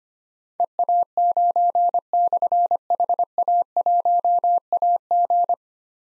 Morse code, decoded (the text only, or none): EA9/HA1AG